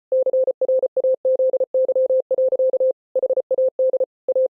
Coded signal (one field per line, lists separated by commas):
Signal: Morse code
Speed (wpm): 33 wpm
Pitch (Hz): 520 Hz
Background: none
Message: CRAZY. HAD A